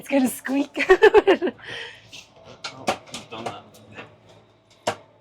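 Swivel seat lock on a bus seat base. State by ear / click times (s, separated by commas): seated / 4.9 s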